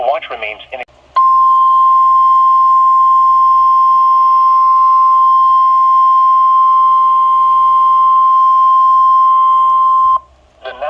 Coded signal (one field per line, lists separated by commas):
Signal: Emergency Alert System (SAME) tones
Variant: 1050 Hz attention tone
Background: speech